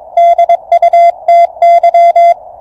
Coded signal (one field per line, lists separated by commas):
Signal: Morse code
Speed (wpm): 23 wpm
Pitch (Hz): 690 Hz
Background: none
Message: DUTY